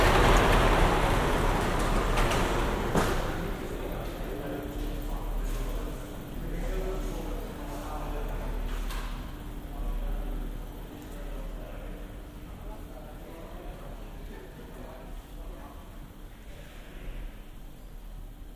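Boarding the Gosport–Portsmouth passenger ferry: a steady low rumble runs under murmuring voices throughout. The first few seconds are loudest, with a sharp knock or door-like clatter near the three-second mark and a few more bumps later as the level eases down.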